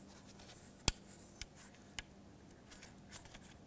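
A new exterior mirror switch for a 2006-2011 Chevrolet HHR is pressed into its plastic door trim bezel, and its locking tabs snap in with a sharp click at 0.9 s. Two quieter ticks follow at 1.4 s and 2.0 s over a faint, steady low hum. The switch is seated and locked securely in the door panel.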